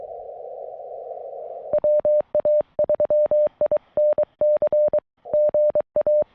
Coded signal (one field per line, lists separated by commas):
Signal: Morse code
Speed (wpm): 20 wpm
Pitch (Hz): 590 Hz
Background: none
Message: WA3INC GA